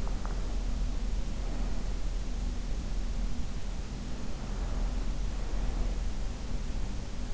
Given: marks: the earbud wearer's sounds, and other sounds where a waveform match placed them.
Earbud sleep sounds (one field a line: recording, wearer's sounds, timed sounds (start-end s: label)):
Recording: sounds in sleep by an in-ear microphone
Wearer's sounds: breath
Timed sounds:
0.00-2.11 s: breath
4.04-6.25 s: breath